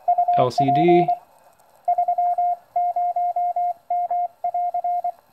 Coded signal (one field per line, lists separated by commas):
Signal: Morse code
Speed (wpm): 23 wpm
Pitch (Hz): 710 Hz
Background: speech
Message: UP 30M<AR>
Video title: RadioSet-GO converted YouKits HB-1B QRP overview, part 2 of 2